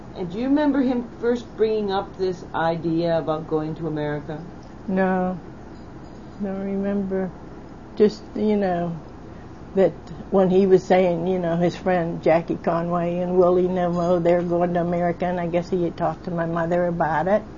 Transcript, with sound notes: And do you remember him first bringing up this idea about going to America?
No. (ringing sound) I don't remember. Just that you know, that when he was saying, you know his friend Jackie Conway and Willie Nemo (ringing sound) they went to America and I guess he had talked to my mother about it.